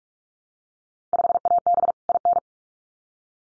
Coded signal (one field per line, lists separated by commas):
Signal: Morse code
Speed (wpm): 46 wpm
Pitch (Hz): 700 Hz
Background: none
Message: 5AB IN